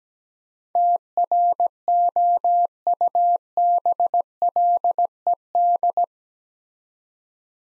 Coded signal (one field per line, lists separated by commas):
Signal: Morse code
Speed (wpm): 17 wpm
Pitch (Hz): 700 Hz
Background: none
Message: TROUBLED